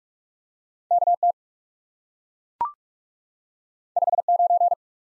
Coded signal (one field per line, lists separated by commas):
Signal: Morse code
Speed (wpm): 40 wpm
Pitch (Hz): 700 Hz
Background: none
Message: KT 59